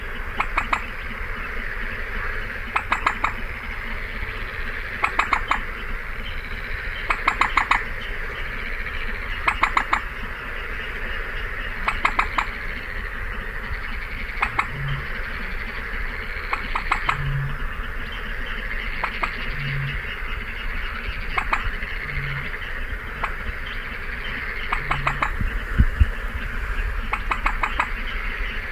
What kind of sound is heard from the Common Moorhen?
call